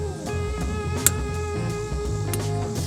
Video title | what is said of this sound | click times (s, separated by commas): Dyna install : Spark Plugs | Once you hear it click, you're good. | 1.1 s